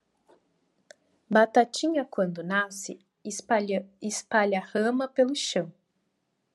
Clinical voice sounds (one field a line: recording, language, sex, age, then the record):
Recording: short text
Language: Brazilian Portuguese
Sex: female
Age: 20 to 29 years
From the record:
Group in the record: control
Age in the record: 27 years